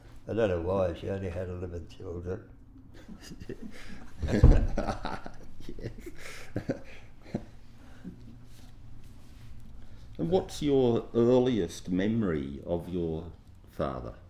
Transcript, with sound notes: I don’t know why she only had eleven children [laughs]
What’s your earliest memory of your father?